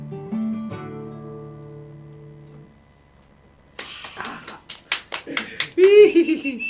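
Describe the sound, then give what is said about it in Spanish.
A held musical note from a live singer fades out, then a small audience breaks into sparse, irregular clapping, a handful of sharp claps. A voice briefly cuts in over the final claps. “Ya no se puede ni aplaudir, me parece.”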